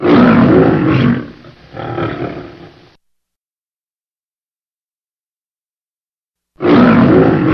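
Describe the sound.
Lion roar, rough and powerful, dropping into a shorter grunting tail, a long silent gap, then the roar starting again.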